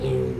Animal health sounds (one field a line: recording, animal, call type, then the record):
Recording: contact call of a hoofed animal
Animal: pig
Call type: closed-mouth grunt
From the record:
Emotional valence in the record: positive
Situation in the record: food and toys in familiar pen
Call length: 0.40 s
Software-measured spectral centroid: 1500 Hz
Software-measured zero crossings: 840 a second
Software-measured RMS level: -24 dBFS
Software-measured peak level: -14 dBFS